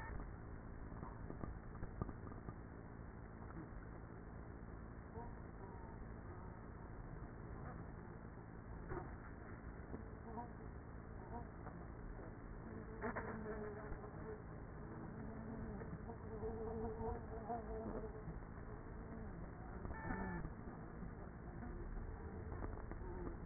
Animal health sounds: honeybee colony, microphone inside the hive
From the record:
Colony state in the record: queenless with a low population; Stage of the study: after two queens were removed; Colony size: about 30,000 bees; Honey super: no

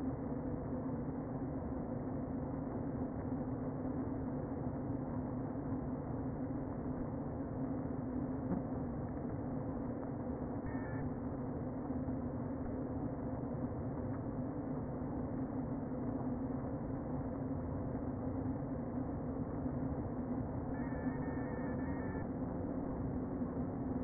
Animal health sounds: honeybee colony, microphone inside the hive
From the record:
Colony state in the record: queen present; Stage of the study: before two queens were removed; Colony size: about 60,000 bees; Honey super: yes

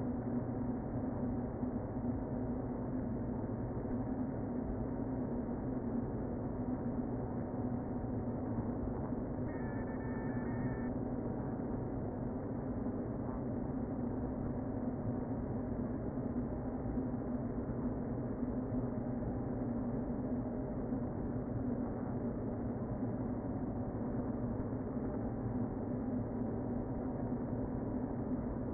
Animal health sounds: honeybee colony, microphone inside the hive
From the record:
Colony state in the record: queen present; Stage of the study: before two queens were removed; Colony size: about 60,000 bees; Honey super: yes

